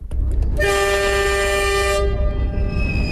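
A freight train's horn sounds one long, loud, steady blast of bright harmonic tones as the first Lanzhou–Islamabad international rail-road freight train, loaded with 450 tons of goods, slowly departs Lanzhou International Land Port in Gansu, China, over a constant low rumble of rolling railcars that continues after the horn stops.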